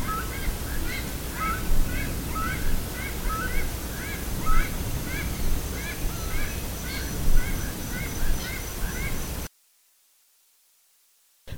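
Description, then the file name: Bird repeating short upward-sweeping chirps about once a second over a low rumble, then the sound cuts to near silence. "SABIOD 50 bird 2015"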